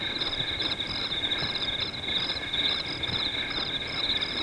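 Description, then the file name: Crickets keep up a constant high trill, overlaid by rapid pulsed chirps that come in short irregular bursts. Crickets recorded at night. "Night Time Crickets"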